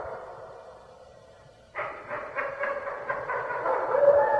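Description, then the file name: Red wolf howling, a drawn-out tone, then a louder wavering howl with pulsing overtones that grows louder toward the close. "red wolf howling"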